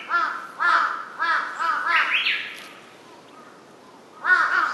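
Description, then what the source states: Large-billed crow with a quick run of raspy caws, then a short silence broken by one more caw at the end. Recorded 23 May 2007.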